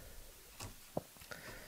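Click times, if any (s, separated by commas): 1.0 s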